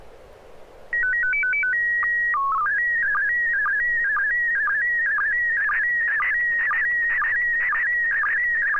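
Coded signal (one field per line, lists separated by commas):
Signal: SSTV (slow-scan television)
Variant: PD 120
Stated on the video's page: SSTV images on a weekly net over an FM repeater on 441.300 MHz, sent with MMSSTV.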